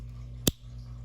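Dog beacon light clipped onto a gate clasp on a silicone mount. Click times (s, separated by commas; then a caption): 0.5 s. A Ruffwear dog beacon light is pushed back onto the gate clasp of its silicone mount on a guide dog harness handle. A single sharp click sounds at 0.5 s over a low steady hum. The beacon is firmly clasped back onto the gate.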